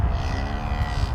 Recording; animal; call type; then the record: contact call of a hoofed animal; cattle; low-frequency (closed-mouth) or high-frequency (open-mouth) call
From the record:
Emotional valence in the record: negative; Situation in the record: physical separation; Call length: 1.14 s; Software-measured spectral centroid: 1680 Hz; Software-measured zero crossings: 1010 a second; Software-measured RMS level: -24 dBFS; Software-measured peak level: -12 dBFS